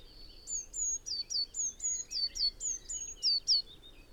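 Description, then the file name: Eurasian blue tit calling: a run of many thin, high notes in quick succession, some downslurred, fairly evenly spaced, over faint low background hiss. "Cyanistes caeruleus"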